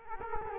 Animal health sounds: mosquito wingbeat signal from an infrared sensor; Culex quinquefasciatus

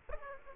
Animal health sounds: mosquito wingbeat signal from an infrared sensor; Aedes aegypti

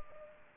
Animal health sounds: mosquito wingbeat signal from an infrared sensor; Culex pipiens

